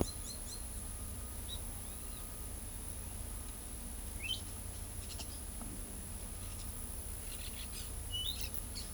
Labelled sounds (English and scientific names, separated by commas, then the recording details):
Carib Grackle (Quiscalus lugubris), Yellow Oriole (Icterus nigrogularis), Orange-chinned Parakeet (Brotogeris jugularis)
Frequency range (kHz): Carib Grackle (Quiscalus lugubris) 2.7-8.9 kHz; Yellow Oriole (Icterus nigrogularis) 1.6-4.9 kHz; Orange-chinned Parakeet (Brotogeris jugularis) 1.8-9.1 kHz
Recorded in pastures near Pivijay, Magdalena, Colombia, on 2 June 2023 at 15:00
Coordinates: 10.456, -74.369
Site P6-G026